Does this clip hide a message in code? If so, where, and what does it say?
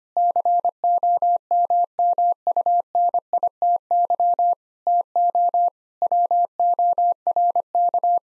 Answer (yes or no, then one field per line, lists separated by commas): yes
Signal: Morse code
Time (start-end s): 0.2-8.2 s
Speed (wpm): 25 wpm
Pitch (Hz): 700 Hz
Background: none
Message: COMMUNITY TO WORK